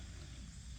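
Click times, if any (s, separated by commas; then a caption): none. A new wiper blade's plastic adapter is being pushed into the loop of a J-hook wiper arm on a 2007-14 GM truck or SUV. Only a steady, low rumbling noise is heard, with no distinct click or hit. Nothing has snapped or seated yet.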